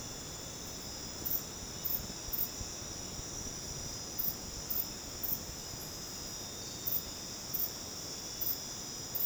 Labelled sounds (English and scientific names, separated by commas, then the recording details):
none
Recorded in dense forest near Puerto Asís, Putumayo, Colombia, on 12 March 2025 at 22:30
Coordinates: 0.486, -76.317
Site G053